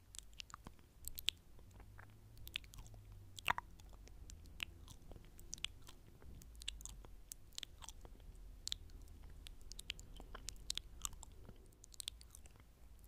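Intense mouth sounds fill the clip: dense, irregular wet clicks, smacks and nibbling crunches arriving several times a second with no break. Sharp bright snaps stand out around 1, 3.5 and 11 seconds over a steady low rumble underneath.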